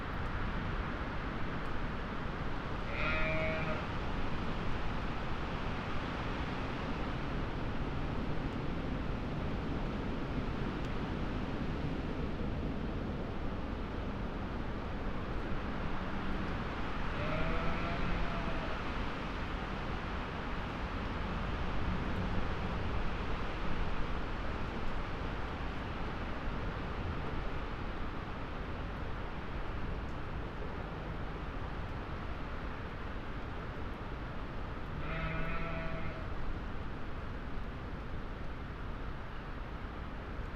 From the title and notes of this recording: Moorland forest mid winter gales. To be half way up a lonely Peak District moor, off the puddled track, looking down, into a mixed plantation of tall murmuring trees. Scots pine and spruce. Away from the holly tree, and the microphone box that we carefully tied and angled, so it could be an ear witness of this forest, in winter gales, before the storm.